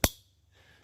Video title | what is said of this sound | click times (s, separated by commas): Spec Ops THE EDC Pack - my favorite pack | really solid and i'll let you hear how they snap | 0.0 s